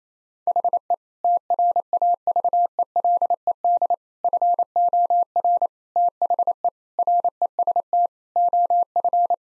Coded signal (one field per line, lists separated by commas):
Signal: Morse code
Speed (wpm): 28 wpm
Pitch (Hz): 700 Hz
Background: none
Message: HE TRAVELED FOR THE REST OF